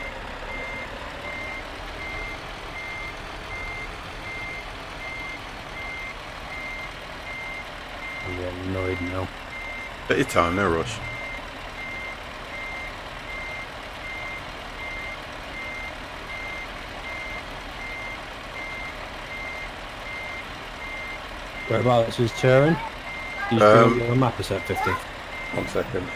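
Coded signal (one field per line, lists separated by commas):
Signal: none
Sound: truck reversing beeps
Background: speech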